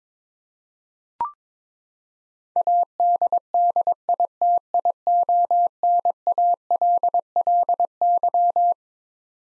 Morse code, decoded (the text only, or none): ADDITIONALLY